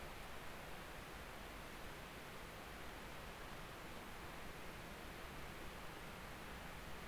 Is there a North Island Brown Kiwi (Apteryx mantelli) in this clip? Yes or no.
no